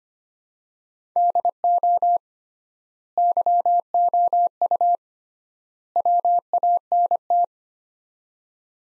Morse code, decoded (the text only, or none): DO YOU WANT